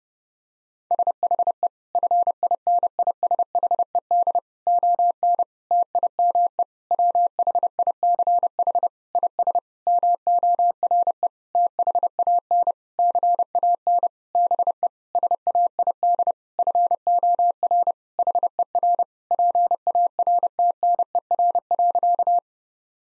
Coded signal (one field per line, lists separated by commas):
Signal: Morse code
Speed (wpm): 30 wpm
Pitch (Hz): 700 Hz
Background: none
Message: SHE FINISHED ON TIME WHICH IS MORE THAN CAN BE SAID FOR HER PARTNER.